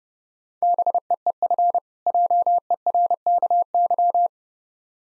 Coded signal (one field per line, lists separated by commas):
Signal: Morse code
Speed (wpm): 30 wpm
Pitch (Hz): 700 Hz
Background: none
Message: BEEF JERKY